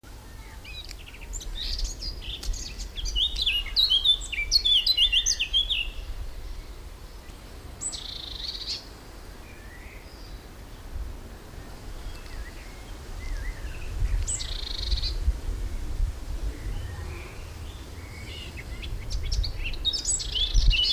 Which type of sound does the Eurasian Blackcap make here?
song